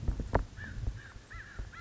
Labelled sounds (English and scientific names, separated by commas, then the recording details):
American Crow (Corvus brachyrhynchos)
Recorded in Sonoma County, California